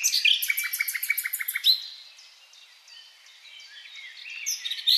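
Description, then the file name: Common nightingale opening with a rapid series of sharp repeated notes, then softer warbled and slurred notes, ending with louder high notes. "Luscinia megarhynchos"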